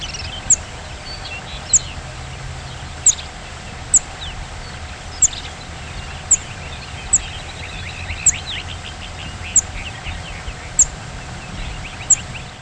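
Lark bunting calls: brief, very high, sharp notes repeated roughly once a second, over a busy background chorus of other birds and a faint steady low hum.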